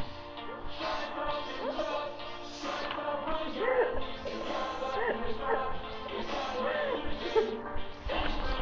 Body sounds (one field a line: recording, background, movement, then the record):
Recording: laughter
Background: music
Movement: sitting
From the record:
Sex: female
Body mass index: 18.8 kg/m2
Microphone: on the chest, facing the body